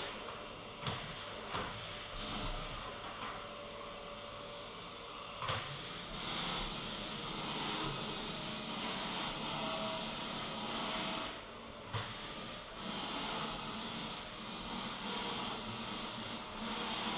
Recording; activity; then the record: daily activity, microphone in the room; vacuum cleaning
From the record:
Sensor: 4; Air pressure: 1002.9 hPa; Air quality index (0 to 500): 242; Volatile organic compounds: 18 ppm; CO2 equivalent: 2631 ppm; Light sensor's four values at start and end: 5/11/4/4 and 5/11/4/5